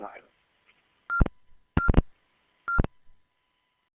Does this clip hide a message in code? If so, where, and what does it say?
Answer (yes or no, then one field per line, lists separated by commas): no